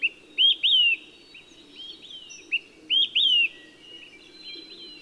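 Olive-sided flycatcher delivering its clear whistled three-note phrase twice, the last two notes loud and falling, with quieter whistles in between and a low background hum.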